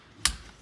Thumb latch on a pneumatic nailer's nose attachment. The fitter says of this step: then press it backwards and lock,